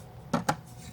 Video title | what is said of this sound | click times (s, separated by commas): LEGO 2025 Nike Dunk Trickshot 43021 Build Part 3 & Review | That snaps right in there. | 0.3 s, 0.5 s